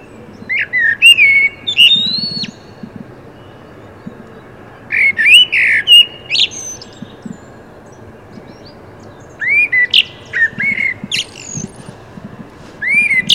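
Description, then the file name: Common blackbird song: four phrases of rounded whistled notes capped by thin squeaky twitters, with long pauses between and a faint low hum in the background. "Turdus merula"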